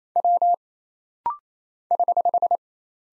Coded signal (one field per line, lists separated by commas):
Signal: Morse code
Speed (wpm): 27 wpm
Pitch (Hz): 700 Hz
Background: none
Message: W <HH>